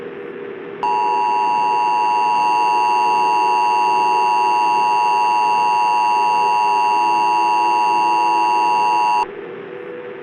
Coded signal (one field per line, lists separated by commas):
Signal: Emergency Alert System (SAME) tones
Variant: 853 and 960 Hz attention tone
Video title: Eyes In The Window Remastered (EAS Scenario)